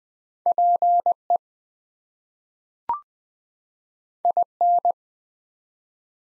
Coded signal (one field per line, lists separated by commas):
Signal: Morse code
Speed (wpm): 20 wpm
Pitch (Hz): 700 Hz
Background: none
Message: PE IN